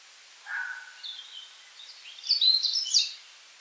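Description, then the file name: European robin song, a low soft note opening into a rising cascade of thin, sparkling high warbles and twitters. "rotkehlchen"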